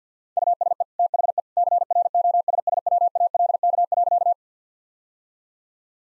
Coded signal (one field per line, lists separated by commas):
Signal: Morse code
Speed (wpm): 50 wpm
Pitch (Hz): 700 Hz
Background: none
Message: USE THE CROSSWALK.